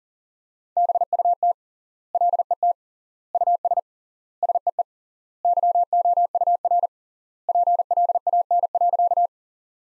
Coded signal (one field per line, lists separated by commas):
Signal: Morse code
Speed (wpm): 37 wpm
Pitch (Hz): 700 Hz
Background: none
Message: BUT LET US SEE YOUR PLAN.